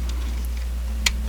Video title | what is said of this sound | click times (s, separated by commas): Unite Warriors Devastator Part VI - Leader Class Long Haul. | up his head until it locks into place and there | 1.1 s